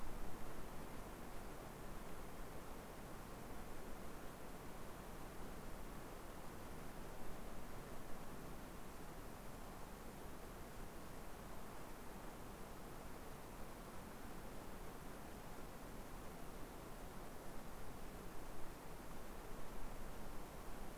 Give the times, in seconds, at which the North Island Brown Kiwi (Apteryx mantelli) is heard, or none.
none